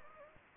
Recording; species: mosquito wingbeat signal from an infrared sensor; Anopheles gambiae